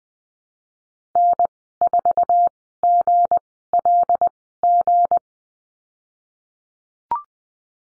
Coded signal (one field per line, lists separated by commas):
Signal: Morse code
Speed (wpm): 20 wpm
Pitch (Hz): 700 Hz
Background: none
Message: N 4 G L G